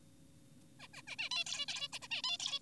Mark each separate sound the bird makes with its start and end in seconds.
0.80-0.87, 0.94-1.02, 1.08-1.16, 1.19-1.29, 1.31-1.45, 1.46-1.66, 1.68-1.88, 1.93-1.99, 2.02-2.08, 2.11-2.22, 2.24-2.38, 2.40-2.59